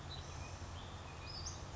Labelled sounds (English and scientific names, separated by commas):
Western Flycatcher (Empidonax difficilis)